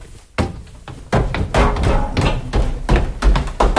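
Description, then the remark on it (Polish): Hurried footsteps clatter down metal stairs, a string of sharp, loud clanging thuds in an uneven running rhythm, each impact ringing briefly before the next. “Mamy schody kamienne, mamy schody metalowe, schody drewniane, po których możemy biegać.”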